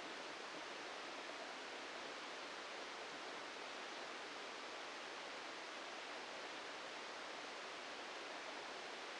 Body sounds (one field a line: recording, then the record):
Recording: brain microelectrode recording played as sound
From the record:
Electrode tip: inside the subthalamic nucleus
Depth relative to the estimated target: 0 mm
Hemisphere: left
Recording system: NeuroSet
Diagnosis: Parkinson's disease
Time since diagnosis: 14 years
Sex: male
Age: 51 years